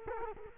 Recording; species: mosquito wingbeat signal from an infrared sensor; Culex quinquefasciatus